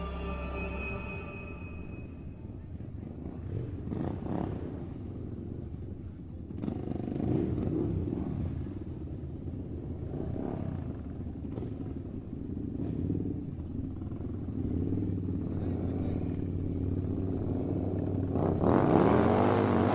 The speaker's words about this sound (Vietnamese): Tiếng bô xe máy độ chế của đám thanh niên trong ấp đã chạy vụt qua, làm cho ông Điền như rời khỏi cái cơn mơ màng.